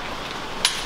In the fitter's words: locks in place this unit here has got a high lift Jack that's attached in here basically just unscrew this unit